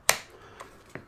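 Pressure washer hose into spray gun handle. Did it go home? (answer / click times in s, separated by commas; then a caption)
yes / 0.1 s. A pressure washer hose is pushed into the fitting of the spray gun handle on an Ava GO P55 pressure washer, and it clicks into place with a sharp snap at 0.1 s. A fainter tick follows at about 1.0 s, and the hose is seated and solid.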